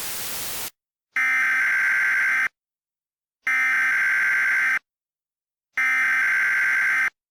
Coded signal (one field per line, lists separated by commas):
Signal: Emergency Alert System (SAME) tones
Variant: header bursts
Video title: EAS Mock 20: To Pierce The Veil